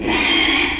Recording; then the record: squeal of a Yucatan mini pig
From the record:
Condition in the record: after surgery on the right vocal fold (resection and tissue-engineered implant); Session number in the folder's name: 2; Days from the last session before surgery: 13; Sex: male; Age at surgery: 12 weeks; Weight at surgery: 13 kg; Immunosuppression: cyclosporine, prednisolone